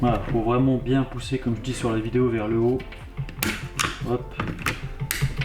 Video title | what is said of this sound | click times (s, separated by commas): AIRSOFT REVIEW [FR] : TOKYO MARUI mp7 hpa adapter | Voilà, là ça se clipse. | 5.1 s